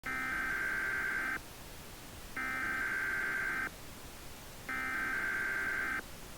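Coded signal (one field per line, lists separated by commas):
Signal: Emergency Alert System (SAME) tones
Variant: header bursts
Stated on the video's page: Fictional alert for an Extreme Wind Warning in New York from a made-up hurricane.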